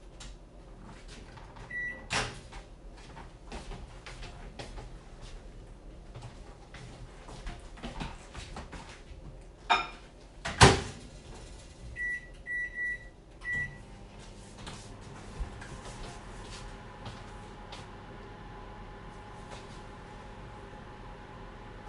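Kitchen sounds while making banana bread: a low steady hum under scattered clicks and knocks, with sharp bangs near 2 and 10 seconds. Short electronic beeps sound near 2 seconds and in a run around 12 to 13 seconds, then an appliance hums steadily to the end.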